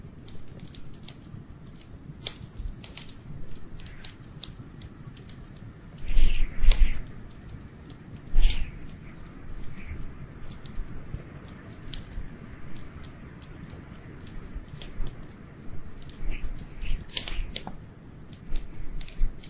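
A fire crackles, sharp pops and snaps scattered irregularly over a steady low, rumbling hiss. Louder clusters of cracks flare up around six to seven seconds, again near eight and a half, and once more around seventeen seconds.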